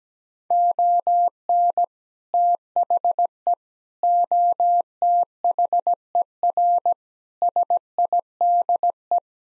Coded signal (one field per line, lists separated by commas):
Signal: Morse code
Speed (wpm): 17 wpm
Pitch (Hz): 700 Hz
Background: none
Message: ON THE OTHER SIDE